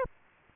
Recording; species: mosquito wingbeat signal from an infrared sensor; Aedes aegypti